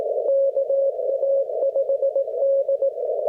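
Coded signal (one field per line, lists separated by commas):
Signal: Morse code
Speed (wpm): 17 wpm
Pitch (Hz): 550 Hz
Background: none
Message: KA5D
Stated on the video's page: CW operation during Winter Field Day with a club, for multiplier bonuses.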